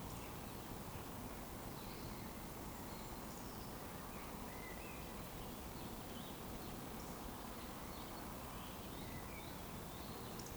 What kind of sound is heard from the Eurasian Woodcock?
whistle